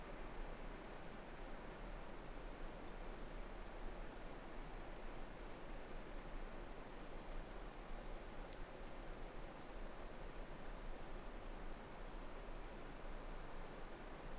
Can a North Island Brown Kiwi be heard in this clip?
no